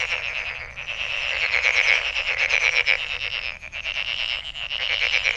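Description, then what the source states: Frogs trilling in a steady chorus of fast pulses, overlapping calls rising and falling in loudness. Recorded 23 May 2008.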